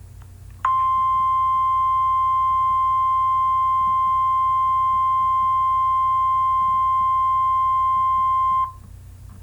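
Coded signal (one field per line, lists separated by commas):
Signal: Emergency Alert System (SAME) tones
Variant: 1050 Hz attention tone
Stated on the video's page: Fictional EAS scenario; the tones may or may not be valid.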